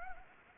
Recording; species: mosquito wingbeat signal from an infrared sensor; Anopheles gambiae